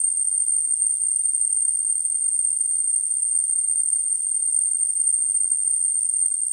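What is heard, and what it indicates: Simulated tinnitus: a steady, continuous high-pitched tone near 8 kHz with a faint band of hiss around it, unchanging throughout.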